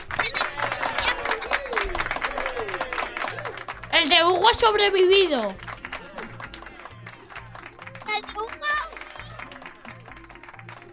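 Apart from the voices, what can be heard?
children applauding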